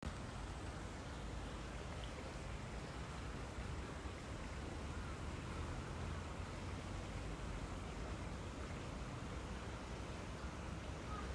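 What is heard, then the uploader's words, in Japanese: A stream murmurs and rushes without pause, a dense, even wash of water sound with a full, deep rumble underneath and a softer hiss on top. The level holds steady for the whole stretch, with no separate splashes or other sounds standing out. 玉川上水のせせらぎ。川 #せせらぎ #自然 #夕涼み。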